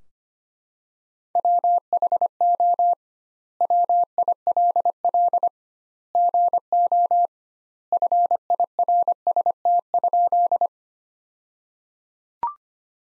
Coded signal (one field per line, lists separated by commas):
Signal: Morse code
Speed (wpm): 25 wpm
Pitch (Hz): 700 Hz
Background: none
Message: WHO WILL GO FIRST?